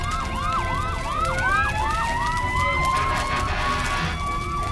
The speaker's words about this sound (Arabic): في هذه الأثناء قام أحدهم بالاتصال برجال الإطفاء. بعد عدة دقائق وصلت سيارة الإطفاء